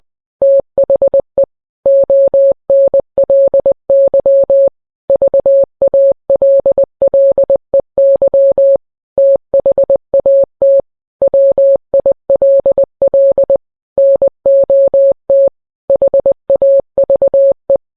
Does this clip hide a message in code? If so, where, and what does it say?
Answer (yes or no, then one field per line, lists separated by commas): yes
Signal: Morse code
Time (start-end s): 0.4-17.8 s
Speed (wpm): 20 wpm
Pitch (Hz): 550 Hz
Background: none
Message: THE ONLY VALLEY THAT WILL NOT HAVE